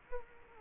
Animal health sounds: mosquito wingbeat signal from an infrared sensor; Culex quinquefasciatus

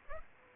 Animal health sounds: mosquito wingbeat signal from an infrared sensor; Aedes aegypti

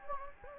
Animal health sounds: mosquito wingbeat signal from an infrared sensor; Anopheles gambiae

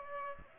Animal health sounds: mosquito wingbeat signal from an infrared sensor; Aedes aegypti

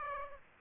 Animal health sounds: mosquito wingbeat signal from an infrared sensor; Aedes aegypti

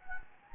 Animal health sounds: mosquito wingbeat signal from an infrared sensor; Anopheles gambiae

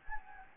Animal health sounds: mosquito wingbeat signal from an infrared sensor; Anopheles gambiae

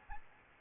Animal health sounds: mosquito wingbeat signal from an infrared sensor; Aedes albopictus

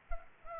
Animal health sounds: mosquito wingbeat signal from an infrared sensor; Culex pipiens

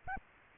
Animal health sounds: mosquito wingbeat signal from an infrared sensor; Aedes albopictus

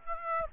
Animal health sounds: mosquito wingbeat signal from an infrared sensor; Aedes aegypti

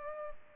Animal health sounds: mosquito wingbeat signal from an infrared sensor; Culex pipiens

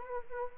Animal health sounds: mosquito wingbeat signal from an infrared sensor; Anopheles arabiensis

